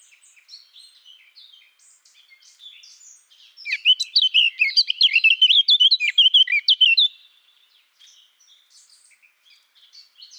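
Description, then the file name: Eurasian blackcap song: soft scratchy twittering, then a loud three-second burst of rapid fluty whistles, fading back to faint twitters. "Sylvia atricapilla"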